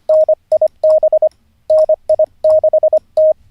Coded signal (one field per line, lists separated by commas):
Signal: Morse code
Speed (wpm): 25 wpm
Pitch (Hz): 620 Hz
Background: radio noise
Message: NIB NI6T